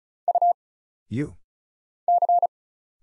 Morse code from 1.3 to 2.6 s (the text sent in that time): C